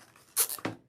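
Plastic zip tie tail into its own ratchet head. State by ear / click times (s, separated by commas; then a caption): partly seated / 0.6 s. A long plastic zip tie, about 12 inches, is threaded under the ribbon on a candy-cane wreath frame, and its tail is pushed into its own ratchet head just far enough to start it. A brief rustle comes first, then one small, sharp click at 0.7 s as the ratchet engages. The tie is started but left loose rather than pulled tight.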